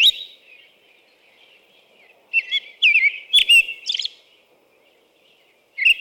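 American robin song: a brief phrase at the start, a cluster of warbled whistled syllables in the middle with quieter gaps before and after, and one more phrase at the end.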